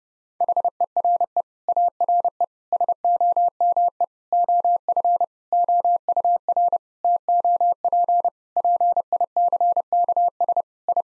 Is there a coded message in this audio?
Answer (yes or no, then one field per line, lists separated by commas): yes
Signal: Morse code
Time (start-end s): 0.4-11.0 s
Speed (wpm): 30 wpm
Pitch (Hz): 700 Hz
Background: none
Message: HERE ARE SOME OF OUR TOP PICKS I